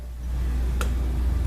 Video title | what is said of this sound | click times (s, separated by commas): How to Change Spark Plugs 2012 Harley Street Glide | it on you'll hear it click there | 0.8 s